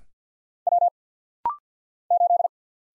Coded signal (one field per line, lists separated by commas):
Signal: Morse code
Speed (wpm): 50 wpm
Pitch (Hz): 700 Hz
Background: none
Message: W 8